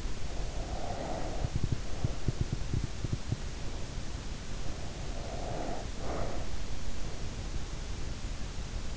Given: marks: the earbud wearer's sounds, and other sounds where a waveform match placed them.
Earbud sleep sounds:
sounds in sleep by an in-ear microphone; breath
0.11-2.44 s: breath
5.04-6.65 s: breath

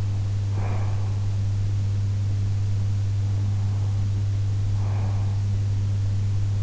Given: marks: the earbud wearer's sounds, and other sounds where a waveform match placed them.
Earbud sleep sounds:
sounds in sleep by an in-ear microphone; breath
0.57-1.15 s: breath
4.81-5.41 s: breath

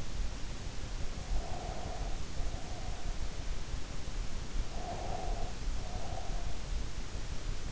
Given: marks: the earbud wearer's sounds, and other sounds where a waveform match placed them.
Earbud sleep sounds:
sounds in sleep by an in-ear microphone; breath
1.26-3.28 s: breath
4.55-6.82 s: breath

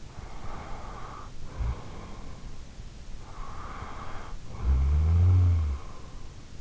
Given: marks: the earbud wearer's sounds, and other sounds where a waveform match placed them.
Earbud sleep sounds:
sounds in sleep by an in-ear microphone; breath, snoring breath
0.14-2.83 s: breath
3.15-6.22 s: snoring breath

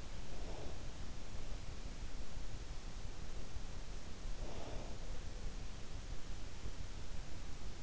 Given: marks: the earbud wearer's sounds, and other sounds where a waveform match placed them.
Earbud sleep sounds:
sounds in sleep by an in-ear microphone; breath
0.00-1.15 s: breath
4.14-5.39 s: breath

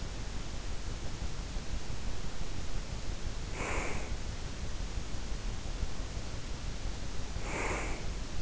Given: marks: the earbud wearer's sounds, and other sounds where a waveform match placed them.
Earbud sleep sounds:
sounds in sleep by an in-ear microphone; breath
3.44-4.38 s: breath
7.08-8.09 s: breath

